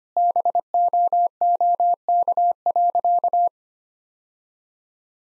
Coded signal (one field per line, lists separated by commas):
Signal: Morse code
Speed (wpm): 25 wpm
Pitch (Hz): 700 Hz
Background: none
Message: BOOK.